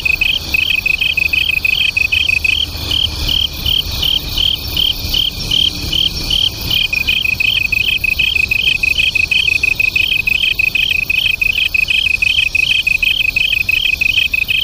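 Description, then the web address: Japanese tree cricket song in two parts: a high, evenly beating pulsed trill over a steady lower trill, sustained without pause for the whole stretch. Local name kantan; two crickets singing as a duet. "sikioto insect kantanduet"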